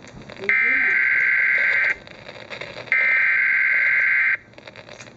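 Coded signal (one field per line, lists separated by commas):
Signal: Emergency Alert System (SAME) tones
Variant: header bursts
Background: speech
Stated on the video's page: Real EAS Severe Thunderstorm Warning received on AM/FM radio.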